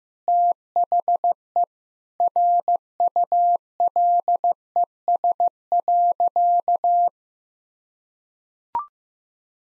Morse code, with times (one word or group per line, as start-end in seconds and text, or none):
0.3-1.6 THE
2.2-7.1 RULES.